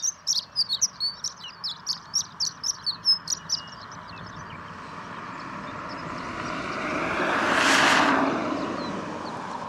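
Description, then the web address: Horned lark giving a run of high, tinkling, tightly repeated notes for several seconds, then a loud whooshing rush of passing noise swells and fades. "birdsongforthecurious Horned Lark"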